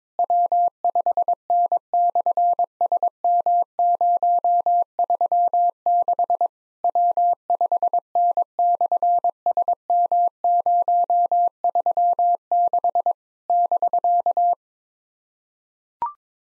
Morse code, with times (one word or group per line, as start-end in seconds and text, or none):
0.2-6.5 W5N/SM036
6.8-13.1 W5N/SM036
13.5-14.5 <BK>